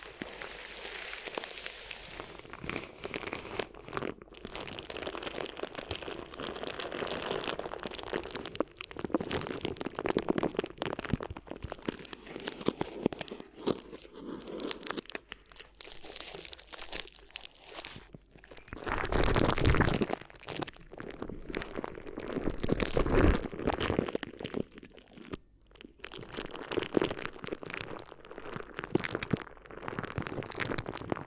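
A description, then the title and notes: Crinkly rustling and crunching over the ear runs through the whole clip in dense, irregular bursts. The sound is mostly bright and crackly, swelling into a louder, fuller crush just before twenty seconds and again around twenty-three, with brief quieter gaps between. ASMR Addictive Crinkly Ear Massage (No Talking).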